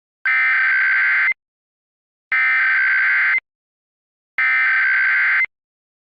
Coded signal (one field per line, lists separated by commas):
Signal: Emergency Alert System (SAME) tones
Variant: header bursts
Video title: EAS MOCK | Anomalous creatures in California (REQUESTED)